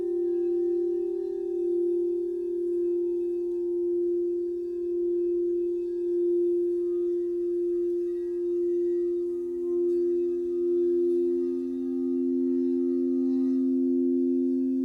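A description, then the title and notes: Singing bowls ring in a sustained, overlapping drone, their low tones holding steady with a slow beating waver. Around eleven seconds a second, slightly lower bowl tone takes over while faint higher overtones shimmer above. The loudness stays even throughout. Singing Bowl Sound Therapy With Jessica Han (Jhan). Let us relax with the sounds of singing bowls in a short sample soundbath session.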